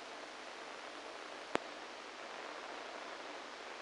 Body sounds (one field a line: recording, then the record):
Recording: brain microelectrode recording played as sound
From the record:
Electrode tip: inside the subthalamic nucleus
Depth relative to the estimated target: 1 mm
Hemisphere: right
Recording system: NeuroSet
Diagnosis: Parkinson's disease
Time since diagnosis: 14 years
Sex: male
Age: 51 years